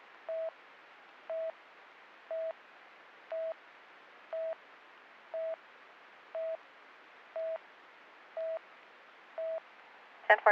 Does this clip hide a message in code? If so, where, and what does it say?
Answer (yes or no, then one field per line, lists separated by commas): no